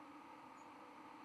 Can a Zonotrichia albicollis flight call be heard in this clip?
no